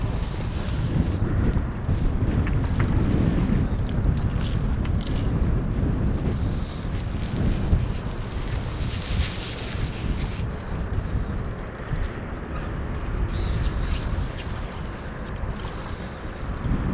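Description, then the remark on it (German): Steady wind buffets an outdoor microphone, a dense low rumble with gusty surges that never lets up. Faint watery, boat-like sounds sit beneath the roar, and no one speaks. “Je nachdem, wie der Wind kommt, ist echt scheiße.”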